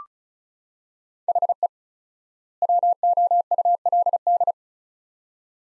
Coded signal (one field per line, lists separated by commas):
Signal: Morse code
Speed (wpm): 36 wpm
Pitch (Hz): 700 Hz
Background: none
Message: HE WOULD